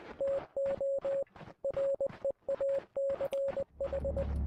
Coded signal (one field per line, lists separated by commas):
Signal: Morse code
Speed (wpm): 20 wpm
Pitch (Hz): 550 Hz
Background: none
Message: TO REACH